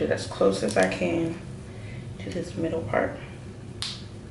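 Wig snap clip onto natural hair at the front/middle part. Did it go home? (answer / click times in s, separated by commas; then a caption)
yes / 3.8 s. A wig's snap clip is placed close to the middle part and pressed shut onto natural hair while someone talks. It snaps closed with a sharp, bright click at 3.8 s.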